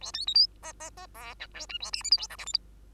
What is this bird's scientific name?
Lonchura striata domestica